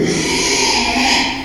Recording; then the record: squeal of a Yucatan mini pig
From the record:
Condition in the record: after surgery on the right vocal fold (resection and tissue-engineered implant); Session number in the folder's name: 2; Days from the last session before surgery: 13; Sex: male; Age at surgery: 12 weeks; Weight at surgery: 13 kg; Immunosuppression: cyclosporine, prednisolone